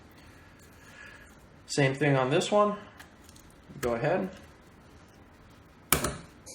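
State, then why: Seated. Someone talks while a second DDR4 RAM stick is pushed into its motherboard DIMM slot the same way as the first. A sharp click sounds at 5.9 s as the latch clicks home, and the stick is seated.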